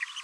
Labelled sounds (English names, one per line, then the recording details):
Green-rumped Parrotlet babbling
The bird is a female
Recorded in a nest box in Venezuela
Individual 17B42A2